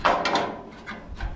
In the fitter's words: so I don't know if you hear that click see